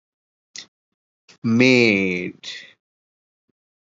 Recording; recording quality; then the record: sustained vowel as in made; moderate, slight background noise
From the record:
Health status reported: recovered from COVID-19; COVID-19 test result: negative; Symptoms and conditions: fatigue, muscle pain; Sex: male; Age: 41 years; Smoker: not ticked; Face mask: not worn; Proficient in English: yes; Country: India